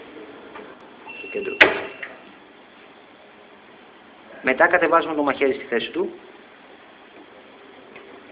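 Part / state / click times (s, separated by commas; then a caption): thermal print head into receipt printer housing / seated / 2.0 s. A thermal print head, just after the paper is changed, is pressed firmly upward at its center into a receipt printer housing until it latches. A single sharp click is heard at 2.0 s, with someone talking before and after. The print head seats in place.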